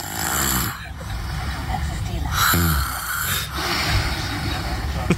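Two rough, low-pitched rattling snore bursts a couple of seconds apart, each with a snorting edge, over steady room or broadcast noise. Ordinary snoring from a sleeping adult in the Milwaukee area, caused by vibration of the soft tissues of the throat during breathing.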